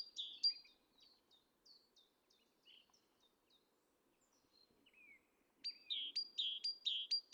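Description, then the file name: Great tit giving scattered thin high chips and short notes, then breaking into a rapid run of ringing two-note phrases near the end. "Parus major"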